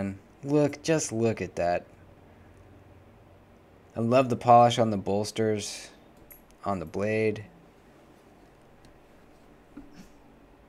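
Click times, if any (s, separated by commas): none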